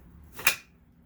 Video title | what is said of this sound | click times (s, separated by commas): Dyson DC07 Carpet Unboxing/Acquisition - Rare USA Clutchless Dyson! | There we go. It clips in. | 0.5 s